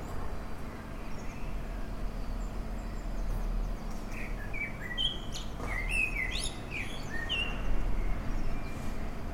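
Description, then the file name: Common blackbird calls: a scatter of short, sharp chirping notes between seconds four and eight, some rising or falling, over a steady low rumble of background noise. "Turdus merula"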